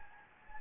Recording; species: mosquito wingbeat signal from an infrared sensor; Anopheles gambiae